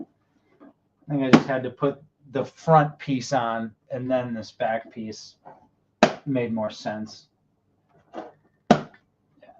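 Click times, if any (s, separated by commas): 8.7 s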